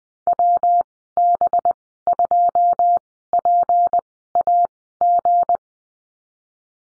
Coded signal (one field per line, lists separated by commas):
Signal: Morse code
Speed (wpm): 20 wpm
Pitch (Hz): 700 Hz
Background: none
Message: WB2PAG